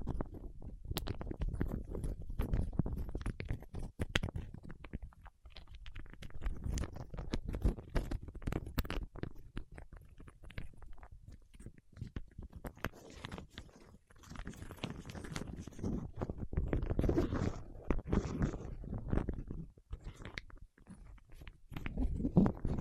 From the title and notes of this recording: ASMR with Wax Fingertips for Sleep (No Talking).